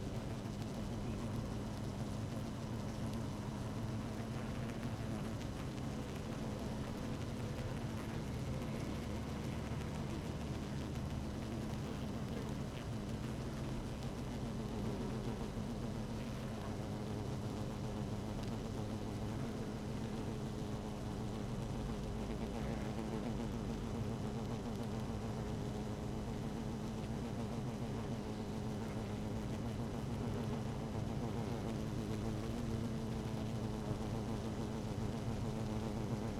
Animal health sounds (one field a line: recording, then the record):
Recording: honeybee colony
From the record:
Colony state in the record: active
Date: 12 June 2018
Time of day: 17:19